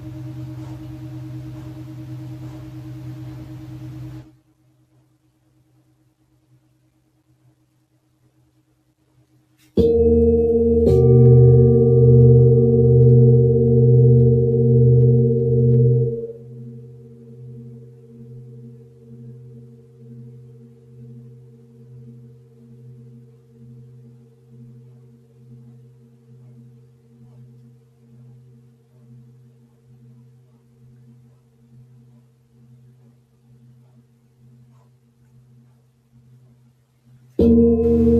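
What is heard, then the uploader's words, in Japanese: A singing bowl rings in a sound-healing session, its low hum fading out by about four seconds before a short silence. At ten seconds a louder strike brings a full, pulsing tone that softens and slowly decays, wavering steadily until a fresh strike right at the end. シンギングボウルのサウンドヒーリング。チベタンシンギングボウル。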